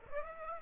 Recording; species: mosquito wingbeat signal from an infrared sensor; Aedes aegypti